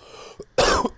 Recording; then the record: coughing mixed with background sound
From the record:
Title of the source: Coughing 79